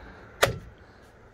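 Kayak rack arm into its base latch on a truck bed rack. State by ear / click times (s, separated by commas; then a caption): seated / 0.4 s. A Thule Hull-a-Port Aero kayak rack's upright arm is swung shut into its base latch on an Elevate FS truck bed rack system. A single sharp, broadband hit lands at 0.4 s, then fades quickly into quiet background. The arm seats in its latch.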